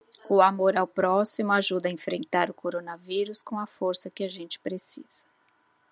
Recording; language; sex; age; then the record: spoken sentence; Brazilian Portuguese; female; 40 to 49 years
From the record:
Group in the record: control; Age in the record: 48 years